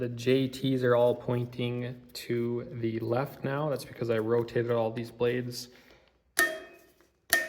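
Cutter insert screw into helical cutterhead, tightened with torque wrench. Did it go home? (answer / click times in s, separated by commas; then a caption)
yes / 6.4 s, 7.3 s. Someone talks while tightening a new screw, replacing one that was stripped out, into a carbide cutter insert on a helical planer/jointer cutterhead, using a torque wrench with a T20 bit. After the talking stops, the torque wrench gives sharp clicks at 6.4 s and 7.3 s, showing it has reached its 12 ft-lb setting.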